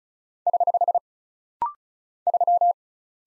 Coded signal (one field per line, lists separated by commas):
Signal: Morse code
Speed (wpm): 36 wpm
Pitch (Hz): 700 Hz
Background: none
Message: <HH> 3